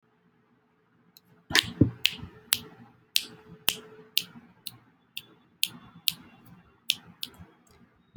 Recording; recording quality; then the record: sustained vowel as in boot; poor, much background noise or distortion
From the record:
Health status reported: healthy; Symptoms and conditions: none ticked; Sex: male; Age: 26 years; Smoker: not ticked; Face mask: not worn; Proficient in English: yes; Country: India